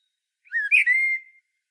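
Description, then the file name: Common blackbird giving a single clear whistled note that swoops up and then levels off into a sustained flute-like tone. "Turdus merula"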